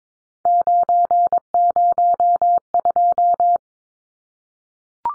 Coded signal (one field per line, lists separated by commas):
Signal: Morse code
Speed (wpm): 22 wpm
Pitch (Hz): 700 Hz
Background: none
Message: 902